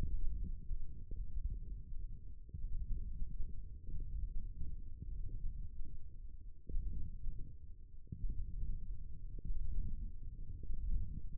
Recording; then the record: forearm muscle sounds (acoustic myography)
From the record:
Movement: ulnar deviation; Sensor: system 1, eight BSWA MPA416 microphones around the upper forearm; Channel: 7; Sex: male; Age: 18 years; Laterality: right